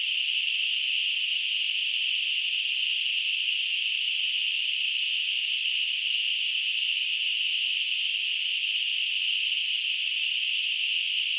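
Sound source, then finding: Synthesized tinnitus sound. Tinnitus simulation.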